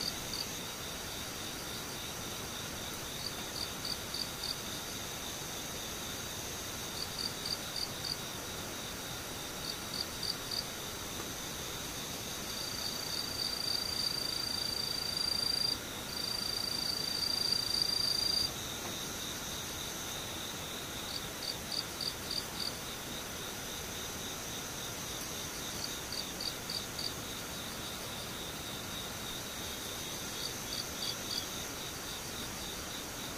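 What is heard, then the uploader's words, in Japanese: A chorus of insects keeps up steady, high-pitched chirring throughout, with pulsed trills repeating every few seconds. From about 13 to 18 seconds a louder, piercing continuous whine stands out above the rest, then the even background chorus carries on. ムシ合唱。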